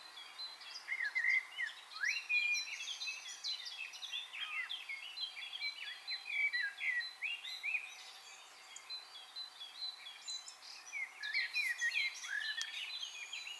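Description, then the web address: Birds calling and singing together in a busy overlapping chorus of chirps, upslurred whistles and twitters, with a steady background hiss throughout. Birds recorded on a Sunday. "Communication animale Oiseaux dimanche ©Duperrex"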